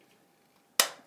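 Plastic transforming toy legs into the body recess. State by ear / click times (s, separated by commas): seated / 0.8 s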